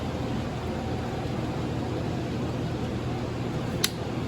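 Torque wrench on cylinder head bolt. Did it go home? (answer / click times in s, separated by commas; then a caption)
yes / 3.8 s. A click-type torque wrench set to 65 lb tightens a tractor cylinder head bolt in sequence against a steady low hum. The wrench gives one sharp click at 3.8 s, confirming the bolt has reached the setting.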